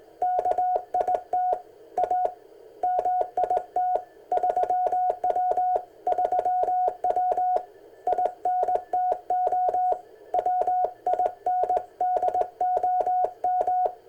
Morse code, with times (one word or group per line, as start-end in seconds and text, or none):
0.2-1.5 KIT
2.0-2.3 A
2.8-4.0 MIT
4.3-5.8 3W
6.1-7.6 3W
8.1-9.9 INTO
10.3-13.9 WINDOM